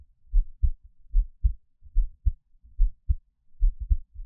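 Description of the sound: A gentle, calm heartbeat of an adult, the person's own, heard up close with no talking.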